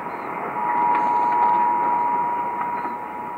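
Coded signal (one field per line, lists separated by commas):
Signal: Emergency Alert System (SAME) tones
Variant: 853 and 960 Hz attention tone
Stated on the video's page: Ohio Required Monthly Test originated from the state EOC and relayed on all Ohio radio and TV stations.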